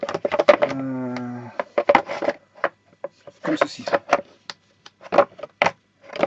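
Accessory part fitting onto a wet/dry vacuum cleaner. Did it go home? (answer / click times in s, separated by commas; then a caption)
yes / 5.6 s. An accessory part is pushed onto a Kärcher WD 3.300 M wet/dry vacuum cleaner while someone talks. A sharp snap at 5.6 s marks it fitting into place, and the part is seated.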